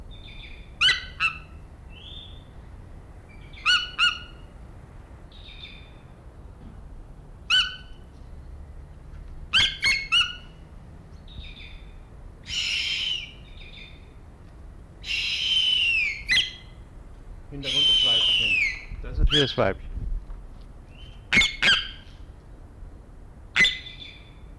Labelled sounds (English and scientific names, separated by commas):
Harpy Eagle (Harpia harpyja)